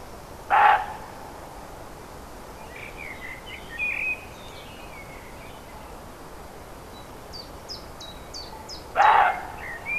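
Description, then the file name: Roe deer barking twice, hoarse single barks several seconds apart, while small birds chirp and twitter in between. Recorded 5 May 2011 on an MZ-N710 recorder. "chevreuil 5 05 11"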